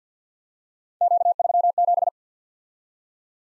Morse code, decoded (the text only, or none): Q37